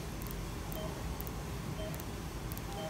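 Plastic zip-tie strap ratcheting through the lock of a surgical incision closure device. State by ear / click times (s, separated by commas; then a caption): seated / 1.2 s, 2.0 s, 2.5 s. A plastic zip-tie strap on a surgical incision closure device is pulled by its small knob and ratchets tighter through the lock to close the incision, about three clicks per zip tie. Short, sharp plastic clicks sound at 1.2, 2.0 and 2.5 seconds over a steady low background hum. The strap is seated tighter with each click.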